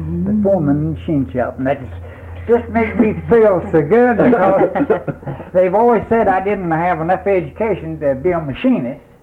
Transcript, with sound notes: The foreman at the machine shop, just made me feel so good. [all laugh] They’ve always said I didn’t have enough education to be a machinist,